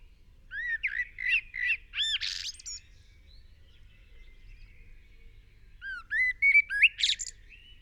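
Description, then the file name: Eurasian blackbird song: a few low fluty notes rising into a squeaky, hissy high twitter, then a long pause before another warbled phrase with a scratchy ending. "Turdus merula"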